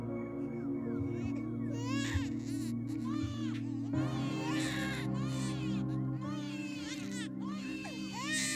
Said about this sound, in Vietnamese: nó vẫn nghe có tiếng trẻ con khóc vang lên trong đêm. Rõ ràng là 2 tiếng trẻ con khóc chứ chẳng phải là 1.